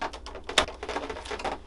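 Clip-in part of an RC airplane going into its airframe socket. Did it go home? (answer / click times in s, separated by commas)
yes / 0.6 s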